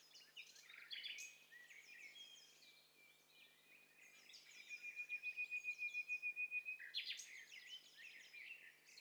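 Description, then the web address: Birds singing together in a dense chorus of overlapping high chirps, trills and whistles, with one bird repeating a quick pulsed note steadily through the middle. Stereo; many birds singing at once. "Hi Fi STEREO BIRD COCKTAIL PARTY Challenge"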